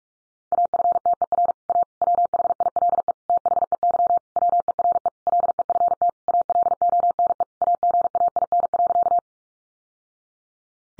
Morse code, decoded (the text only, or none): AFTER A WHILE THEY WERE LEFT ALONE AGAIN.